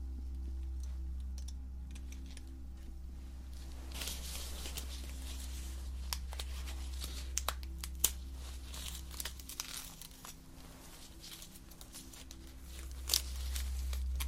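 Soft crinkling and tapping touches during facial acupuncture, sparse at first then busier from four seconds, over a steady low hum throughout.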